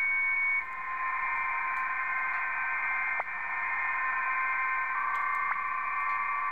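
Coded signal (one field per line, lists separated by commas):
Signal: PSK31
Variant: BPSK31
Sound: several faint steady warbling tones at once, sitting in a wash of radio hiss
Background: radio static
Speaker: I've got to shut up I'm going to zoom in on one of the signals let's go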